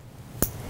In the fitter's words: into it and hear it click and secure that wristlet